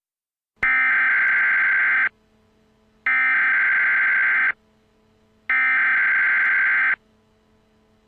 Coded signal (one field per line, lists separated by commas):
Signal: Emergency Alert System (SAME) tones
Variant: header bursts